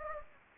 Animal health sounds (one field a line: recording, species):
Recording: mosquito wingbeat signal from an infrared sensor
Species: Anopheles gambiae